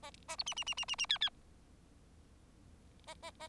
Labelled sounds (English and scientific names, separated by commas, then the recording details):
Bengalese Finch (Lonchura striata domestica) song
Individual Bird4